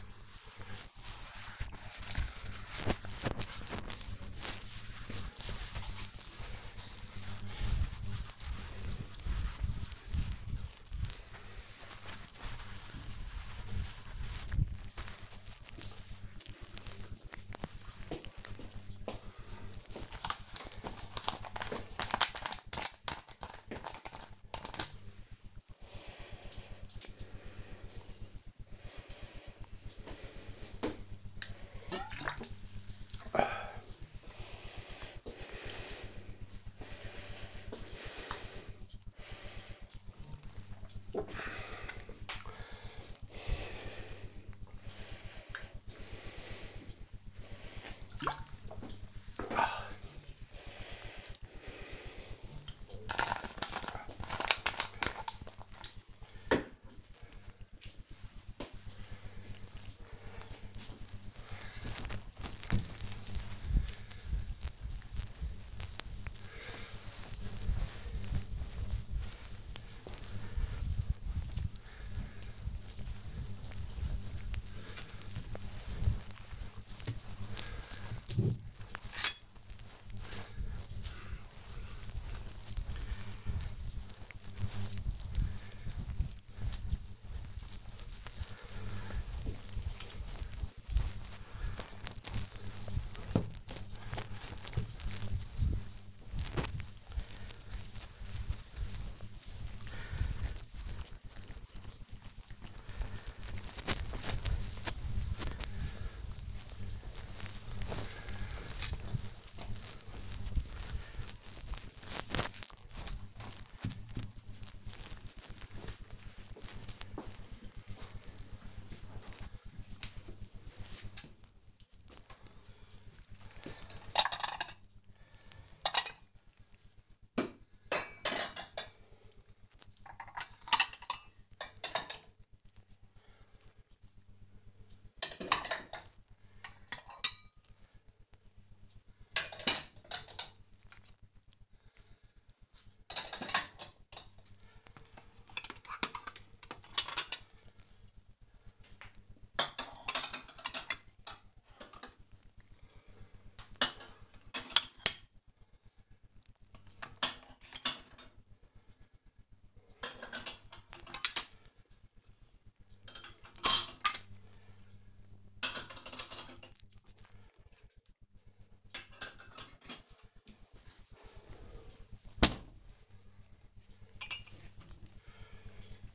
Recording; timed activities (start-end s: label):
household activities, microphone on the right wrist
0.00-14.44 s: window cleaning
20.47-53.74 s: drinking
60.77-113.12 s: cleaning table
122.19-176.14 s: putting away the dishes